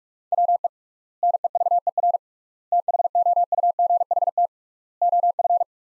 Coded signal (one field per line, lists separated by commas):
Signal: Morse code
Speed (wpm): 46 wpm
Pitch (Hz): 700 Hz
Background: none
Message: WE NEVER THOUGHT OF